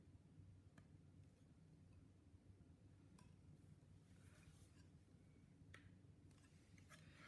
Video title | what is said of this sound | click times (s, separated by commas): United 777 200ER skymarks unboxing | we get a click it's good and just install the other one on | 5.7 s